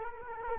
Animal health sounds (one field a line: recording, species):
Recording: mosquito wingbeat signal from an infrared sensor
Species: Culex quinquefasciatus